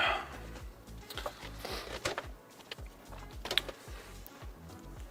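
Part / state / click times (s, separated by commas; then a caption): graphics card into motherboard PCIe slot / not seated / none. A graphics card is pushed into a motherboard's PCIe x16 slot while music plays, with a few brief sharp sounds around 2.1 s and 3.5–3.6 s. The spring-loaded slot latch gives no audible click, so nothing has clicked.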